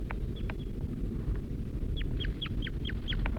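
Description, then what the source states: Crossbill calls: sharp, clipped, downward-slurred chips, a few scattered notes then a quick run of several, over steady low rumbling background noise. Male at a nest with young, being joined by the female.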